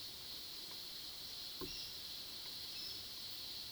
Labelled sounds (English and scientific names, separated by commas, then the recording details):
none
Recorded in pastures near Puerto Asís, Putumayo, Colombia, on 21 February 2024 at 15:30
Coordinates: 0.497, -76.327
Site G7276